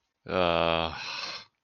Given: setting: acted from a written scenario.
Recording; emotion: vocal sound without words; disappointment